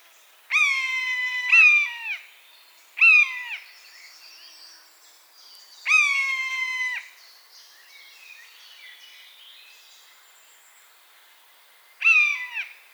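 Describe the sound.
Buzzard giving loud, clear mewing calls, slightly drooping at the end, repeated in a loose series with a long pause before a final call.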